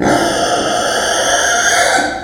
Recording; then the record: squeal of a Yucatan mini pig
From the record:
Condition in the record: before surgery on the right vocal fold (resection and tissue-engineered implant); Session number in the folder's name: 3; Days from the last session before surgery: 0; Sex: female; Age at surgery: 19 weeks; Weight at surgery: 25 kg